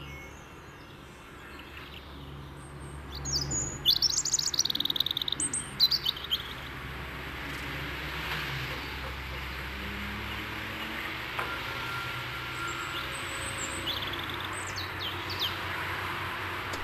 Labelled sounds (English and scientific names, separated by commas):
European Robin (Erithacus rubecula) song